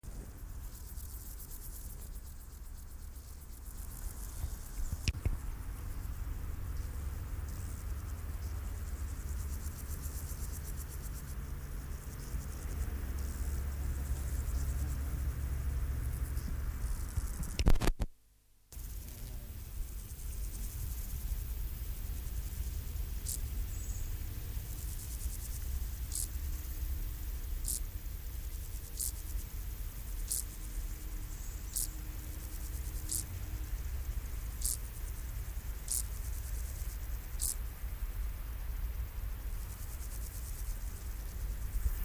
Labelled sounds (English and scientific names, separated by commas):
Field Grasshopper (Chorthippus brunneus) stridulation